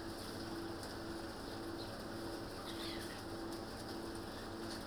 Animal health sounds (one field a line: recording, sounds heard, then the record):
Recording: poultry house recording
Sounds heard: healthy chickens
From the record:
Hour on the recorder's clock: 19